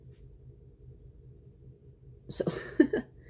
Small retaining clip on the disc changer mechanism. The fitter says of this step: him locked into place all right